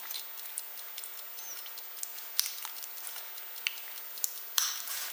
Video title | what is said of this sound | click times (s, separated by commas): N°5 ) Studio photographique vintage ( film darckroom), ça avance BUREAU ET téléphone !!! | Voilà. Vous avez entendu ? Ça fait clic. | 4.6 s